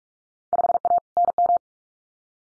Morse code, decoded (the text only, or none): 5A NM